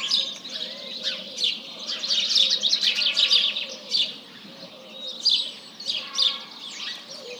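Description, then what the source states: House Sparrows chirp busily in waves, with short lulls where the chorus thins. Large flock calling in the morning at 07:30 on 1 March 2007.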